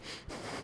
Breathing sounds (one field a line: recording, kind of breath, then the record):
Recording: one breath in and out by a microphone near the nose and mouth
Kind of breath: strong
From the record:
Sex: male